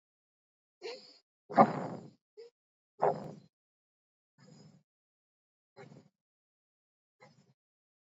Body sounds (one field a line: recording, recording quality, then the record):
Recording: shallow breathing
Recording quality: excellent, no background noise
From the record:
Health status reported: healthy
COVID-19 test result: not tested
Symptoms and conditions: none ticked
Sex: male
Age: 31 years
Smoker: not ticked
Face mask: not worn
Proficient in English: yes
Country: India